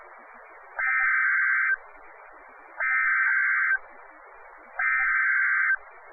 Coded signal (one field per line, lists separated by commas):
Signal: Emergency Alert System (SAME) tones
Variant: header bursts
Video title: Hurricane Sandy alerts - October 24, 2012 (EAS #649-653)